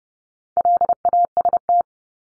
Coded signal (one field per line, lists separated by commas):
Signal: Morse code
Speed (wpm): 30 wpm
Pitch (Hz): 700 Hz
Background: none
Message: LAST